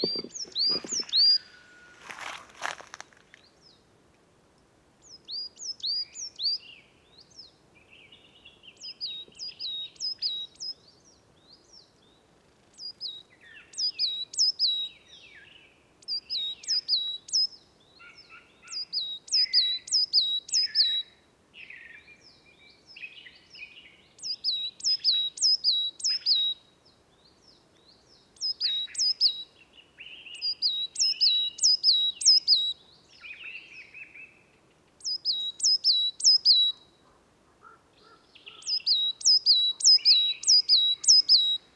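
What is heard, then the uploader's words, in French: A coal tit sings in repeated bursts, each a quick run of high, bright, two-note phrases lasting a few seconds, separated by short pauses throughout. Softer chirps from other birds fill some gaps, and a faint low hum sits underneath. Forêt de Val Drôme - Parabole Wildtronic - mkh8020 - mixpre 3. Je désirai observer le coucher de soleil au loin sur le Dévoluy et très vite le chant de la Mésange noire (Periparus ater) a attiré mon attention.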